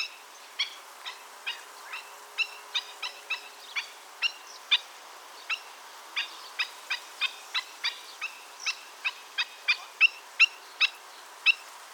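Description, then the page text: Black-winged stilt yapping: clipped kek calls that start spaced and irregular, then come quicker and more steadily toward the end. "Marco Dragonetti - Ходулочник (Himantopus himantopus)"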